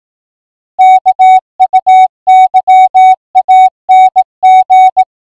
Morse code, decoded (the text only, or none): KUYANG